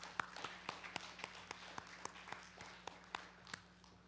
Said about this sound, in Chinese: 那么就请进，大家掌声欢迎。